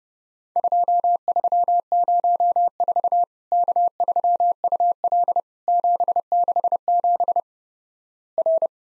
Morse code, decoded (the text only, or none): 2304 K3UL 767 R